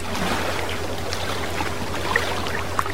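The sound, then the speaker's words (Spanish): Sea waves wash in a steady, continuous rush of noise with small splashes, over a low constant hum underneath. No one speaks. “Hay momentos en los que apetece sentarse en una roca y observar el mar y escuchar lo que nos cuenta.”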